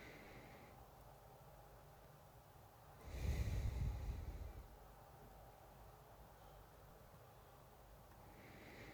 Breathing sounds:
nose breathing near a microphone
0.00-0.88 s: inhalation
2.90-5.22 s: exhalation
8.01-8.93 s: inhalation
From the record:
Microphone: phone

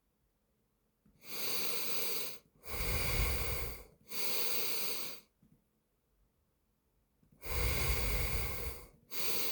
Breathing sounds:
nose breathing near a microphone
0.92-2.32 s: inhalation
2.32-3.82 s: exhalation
3.82-5.32 s: inhalation
7.12-8.82 s: exhalation
8.82-9.52 s: inhalation
From the record:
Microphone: phone

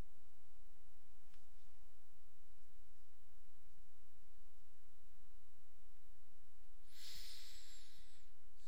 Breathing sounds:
nose breathing near a microphone
6.51-8.46 s: inhalation
8.46-8.68 s: exhalation
From the record:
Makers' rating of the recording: medium

